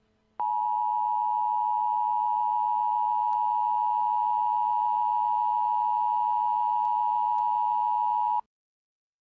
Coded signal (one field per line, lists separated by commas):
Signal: Emergency Alert System (SAME) tones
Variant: 853 and 960 Hz attention tone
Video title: Au’shae Makes a fake Emergency Alert System/Grounded.